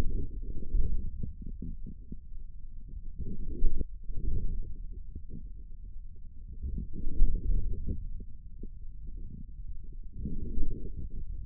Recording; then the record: forearm muscle sounds (acoustic myography)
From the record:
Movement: forearm supination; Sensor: system 1, eight BSWA MPA416 microphones around the upper forearm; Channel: 5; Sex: male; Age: 41 years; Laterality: right